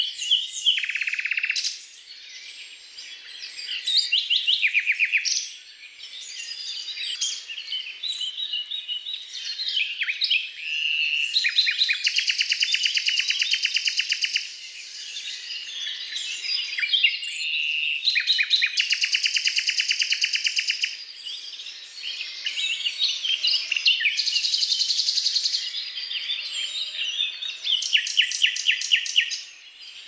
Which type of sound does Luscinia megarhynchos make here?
song